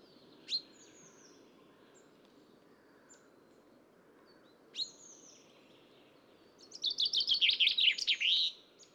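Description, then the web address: Common chaffinch giving two sharp sweeping call notes, then a song: a fast trill of rapid chirps ending in a flourish, over background noise. Recorded in Copenhagen. "assistens Bogfinke"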